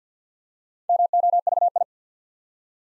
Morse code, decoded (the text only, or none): MOVI